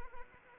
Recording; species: mosquito wingbeat signal from an infrared sensor; Anopheles arabiensis